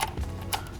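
A new plastic oil drain plug is tightened into the engine oil pan of a VW MK7 GTI, which needs no torque spec because the plug locks in place once tight enough. A small knock sounds at 0.2 s, then a sharp click at 0.5 s as the plug locks into place.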